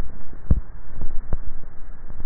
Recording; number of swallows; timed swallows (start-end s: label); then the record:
swallowing sounds by neck microphone; 1
0.43-1.20 s: swallow
From the record:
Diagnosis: dysphagia